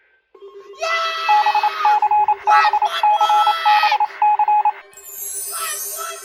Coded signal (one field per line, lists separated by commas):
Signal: Morse code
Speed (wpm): 27 wpm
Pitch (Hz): 840 Hz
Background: none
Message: BCBCBC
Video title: RNK PULLS A 5/22/22 STERLING (Alerts from 7/13/23) (EAS #737 - 750)